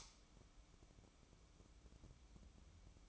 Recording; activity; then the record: daily activity, microphone in the room; light on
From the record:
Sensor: 1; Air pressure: 1007.9 hPa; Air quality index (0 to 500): 119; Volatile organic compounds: 2 ppm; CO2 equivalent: 1002 ppm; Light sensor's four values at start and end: 11/27/11/12 and 21/65/26/27